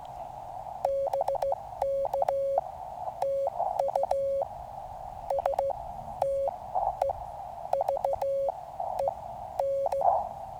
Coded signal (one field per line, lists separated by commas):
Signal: Morse code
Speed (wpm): 16 wpm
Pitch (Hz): 550 Hz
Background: none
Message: BK TU STEVEN